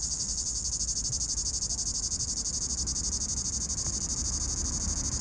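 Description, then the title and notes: Cicada call, a continuous high rasp pulsing rapidly and steadily, with soft low background noise. In an apple tree at the top of the Côte de Groisin, Chindrieux, France; 32°; traffic on the RD991; Zoom H4n Pro, preamp level 100. "3029 Rte d'Aix, 73310 Chindrieux, France - cigale. Cigale dans un pommier au sommet de la côte de groisin, il fait 32°"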